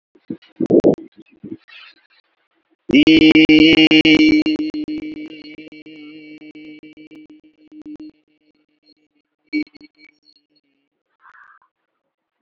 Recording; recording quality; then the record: sustained vowel as in beet; excellent, no background noise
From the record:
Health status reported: exposed to COVID-19, no respiratory illness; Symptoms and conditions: hypertension, diabetes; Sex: male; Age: 46 years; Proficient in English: yes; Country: India